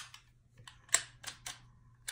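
The steel slide of a Springfield Armory Champion Operator 1911 pistol is pulled rearward and the slide stop is engaged, locking the slide open with a sharp metallic click at 0.9 s. Softer clicks and rattles of handling come before and after, over a faint low hum. The slide stop seats and holds the slide back.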